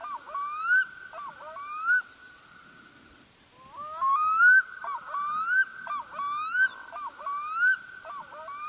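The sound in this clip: Bird calling with rising, harmonic-rich whistled notes roughly every second, broken by a short pause, over a sustained tone.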